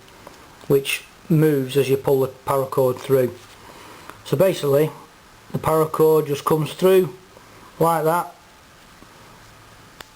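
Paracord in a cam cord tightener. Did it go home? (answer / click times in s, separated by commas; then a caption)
yes / 10.0 s. Someone talks while paracord is pulled through a Nite-Ize CamJam, a plastic cam-type cord tightener with a thumb wheel. After the talk stops, one sharp click at 10.0 s marks the cord locking into the cam and seating secure.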